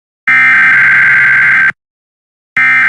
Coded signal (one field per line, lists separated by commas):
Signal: Emergency Alert System (SAME) tones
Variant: header bursts